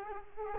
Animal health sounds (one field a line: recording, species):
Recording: mosquito wingbeat signal from an infrared sensor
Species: Culex quinquefasciatus